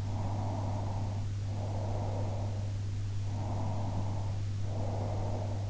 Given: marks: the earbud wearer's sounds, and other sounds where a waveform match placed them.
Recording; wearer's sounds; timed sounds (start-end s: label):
sounds in sleep by an in-ear microphone; breath
0.19-3.11 s: breath
3.28-5.61 s: breath